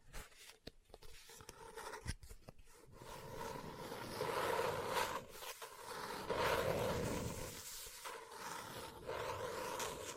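Tapping, scratching and page turning on a book. The first three seconds bring sharp, separate taps and short scrapes with gaps between them. After that comes a fuller, continuous rustling scratch that swells and eases, with brief pauses near five and a half and eight seconds.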